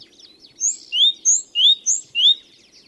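Great tit calling in three pairs of notes, each a thin high note followed by a lower upward-sweeping whistle.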